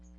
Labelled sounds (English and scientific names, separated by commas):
Magnolia Warbler (Setophaga magnolia) flight call